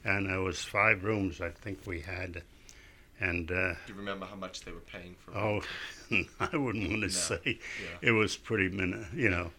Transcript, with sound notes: And there was five rooms, I think we had. And...
Do you remember how much they were paying?
( he laughs ) Oh, I wouldn't want to say. It was pretty minimal, you know.